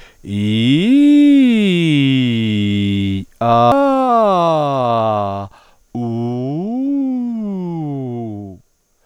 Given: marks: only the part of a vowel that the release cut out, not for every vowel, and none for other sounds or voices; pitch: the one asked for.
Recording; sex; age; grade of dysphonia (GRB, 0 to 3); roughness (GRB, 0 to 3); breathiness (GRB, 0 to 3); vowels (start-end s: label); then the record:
sustained vowels; male; 50 to 59 years; 0; 0; 0
0.55-2.85 s: vowel /i/, low-high-low pitch
3.75-5.13 s: vowel /a/, low-high-low pitch
6.23-8.24 s: vowel /u/, low-high-low pitch
From the record:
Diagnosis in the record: contact pachydermia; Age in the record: 55 years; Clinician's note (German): Rezidiv